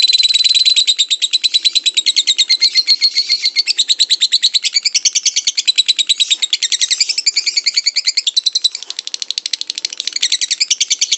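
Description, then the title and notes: Lovebird ngekek: sustained high, rapid chattering trill of sharp repeated notes, barely pausing, with small changes in rhythm and pitch throughout. Long ngekek song of a lovebird, used as a master song for training birds and as pancingan to stimulate other birds to sing. "Master Kicau Lovebird ngekek, kicau pancingan"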